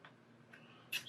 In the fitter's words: just like that so there we go we've got our second cable clipped in now as well